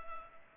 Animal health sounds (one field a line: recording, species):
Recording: mosquito wingbeat signal from an infrared sensor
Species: Culex pipiens